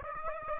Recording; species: mosquito wingbeat signal from an infrared sensor; Aedes aegypti